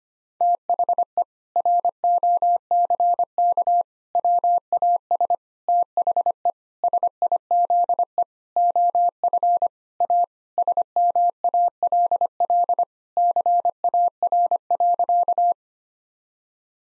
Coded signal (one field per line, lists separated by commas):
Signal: Morse code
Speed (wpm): 25 wpm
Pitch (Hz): 700 Hz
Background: none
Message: THE ROCK WAS THE SIZE OF A SMALL CAR.